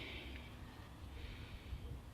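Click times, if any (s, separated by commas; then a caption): none. Someone works the retaining part of a Holden Cruze heater hose connection into its groove by hand; one side is in, but the rest will not pop into place. Breathy, snort-like noise and low rumble fill the clip, with a brief sharp sound at about 0.4 s. Nothing has seated or clicked yet, and the part is to be tried again.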